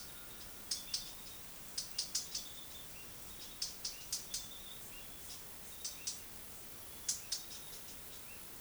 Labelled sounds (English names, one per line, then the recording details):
White-eared Conebill
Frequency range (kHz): White-eared Conebill 1.3-10.5 kHz
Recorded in forest near Pivijay, Magdalena, Colombia, on 18 April 2023 at 18:00
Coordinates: 10.467, -74.380
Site Z5-G034